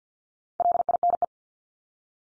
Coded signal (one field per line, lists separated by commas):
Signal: Morse code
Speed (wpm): 50 wpm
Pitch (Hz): 700 Hz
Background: none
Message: LINE